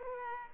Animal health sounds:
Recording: mosquito wingbeat signal from an infrared sensor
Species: Aedes aegypti

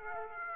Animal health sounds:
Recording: mosquito wingbeat signal from an infrared sensor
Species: Aedes aegypti

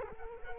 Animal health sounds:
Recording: mosquito wingbeat signal from an infrared sensor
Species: Culex quinquefasciatus

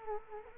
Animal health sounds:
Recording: mosquito wingbeat signal from an infrared sensor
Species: Culex quinquefasciatus

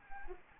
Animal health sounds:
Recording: mosquito wingbeat signal from an infrared sensor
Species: Anopheles arabiensis

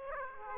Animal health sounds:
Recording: mosquito wingbeat signal from an infrared sensor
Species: Aedes aegypti

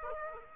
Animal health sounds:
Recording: mosquito wingbeat signal from an infrared sensor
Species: Aedes aegypti

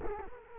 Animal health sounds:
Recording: mosquito wingbeat signal from an infrared sensor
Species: Culex quinquefasciatus

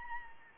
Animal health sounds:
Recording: mosquito wingbeat signal from an infrared sensor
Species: Anopheles gambiae

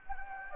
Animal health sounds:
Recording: mosquito wingbeat signal from an infrared sensor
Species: Anopheles gambiae

